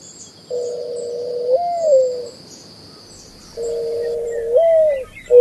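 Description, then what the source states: Mourning dove cooing: two long, low, hollow coos, each holding steady, then swelling slightly upward before falling, spaced about three seconds apart, with the start of a third at the end, over a faint high hiss. Mourning doves cooing in the morning.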